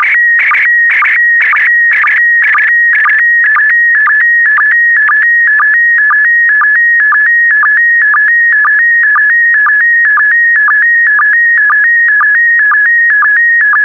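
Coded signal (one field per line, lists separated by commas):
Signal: SSTV (slow-scan television)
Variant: PD120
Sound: warbling steady tone stepping in pitch, with short low chirps about twice a second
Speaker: complete. You can now check your decoded image against the picture that is shown on the video.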